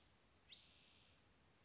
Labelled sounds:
Spotted Towhee

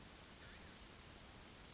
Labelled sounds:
Blue-gray Gnatcatcher

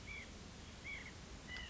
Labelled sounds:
White-breasted Nuthatch

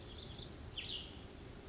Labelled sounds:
Cassin's Vireo

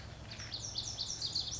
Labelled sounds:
Lazuli Bunting

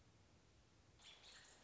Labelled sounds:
American Robin

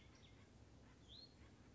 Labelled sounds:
Hutton's Vireo

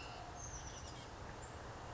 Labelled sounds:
Oak Titmouse

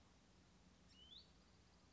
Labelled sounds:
Hutton's Vireo

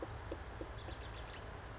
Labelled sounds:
Bewick's Wren

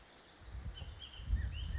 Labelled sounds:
Bullock's Oriole

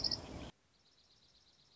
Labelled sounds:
Dark-eyed Junco

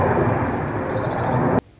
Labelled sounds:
Orange-crowned Warbler

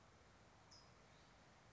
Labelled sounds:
California Towhee

